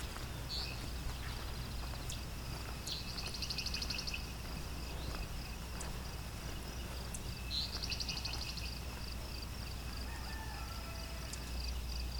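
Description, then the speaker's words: Ovenbird song: two rapid, chanting series of high repeated notes a few seconds apart, above a continuous low rumble. Heard in the woods nearby. "can hear an oven bird in the woods nearby."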